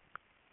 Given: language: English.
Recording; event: throat vibration sensor signal played as sound; swallow